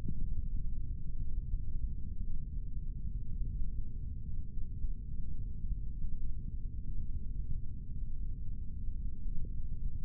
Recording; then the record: forearm muscle sounds (acoustic myography)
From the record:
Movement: rest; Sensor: system 3, bracelet of six PUI Audio POM-2738L microphones around the upper forearm, with dedicated amplification and filtering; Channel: 1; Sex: male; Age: 26 years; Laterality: right